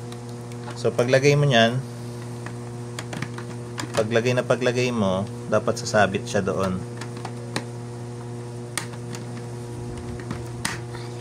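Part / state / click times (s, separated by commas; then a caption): clip fitting into its mounting point / seated / 10.7 s. A clip-type fitting is pushed onto its hook point on the first side while someone talks over a steady low hum, with a few small taps and knocks along the way. A sharp click at 10.7 s marks the clip latch locking into place.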